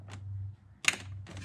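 A plastic trim collar is pushed down into its mounting hole in a panel on a Honda F6B motorcycle during a Bluetooth adapter install. A low steady hum runs under faint taps, then a sharp snap at 0.9 s as the collar seats in the hole, followed by softer rustling.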